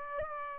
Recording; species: mosquito wingbeat signal from an infrared sensor; Culex pipiens